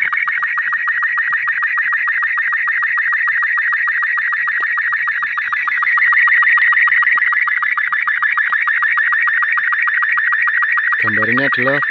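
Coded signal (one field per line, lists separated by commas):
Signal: SSTV (slow-scan television)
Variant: Robot 36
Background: speech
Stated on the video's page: SSTV from a university research experiment with APRS and SSTV.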